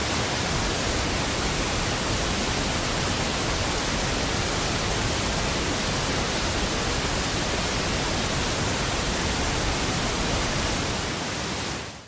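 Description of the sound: Steady pink noise, one of the most popular tinnitus sound therapy types, played so the listener can set the volume to mix with their tinnitus until it is just barely heard or just barely covered.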